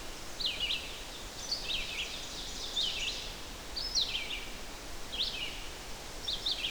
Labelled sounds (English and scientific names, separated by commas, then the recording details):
Red-eyed Vireo (Vireo olivaceus) song
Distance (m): 30 m
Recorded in boreal forest in Alberta, Canada, on 12 June 2016 at 05:50
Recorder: SongMeter 3, array SBT-3-18
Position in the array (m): 234 m, 102 m